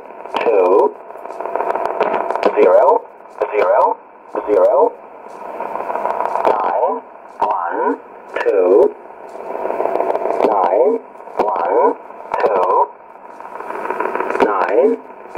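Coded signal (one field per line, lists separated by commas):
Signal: numbers station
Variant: E07a, English male voice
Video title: 15 06 2017 Numbers station E07a English Man in English to Eu 0450 on 9133 in USB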